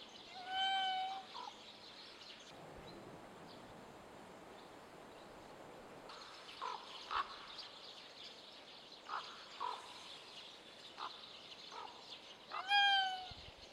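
Raccoon calls: a short mewing cry at the start, then soft rustles and knocks, and a second mewing cry near the end.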